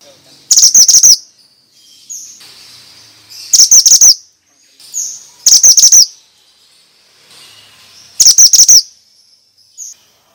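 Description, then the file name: Bird song: four bursts of quick, bright, high chirps a few seconds apart, with short thin whistles between them. Used as a lure for stressed birds; 'suara mantenan' sound. "Pancingan Ampuh Burung Stress Suara Mantenan"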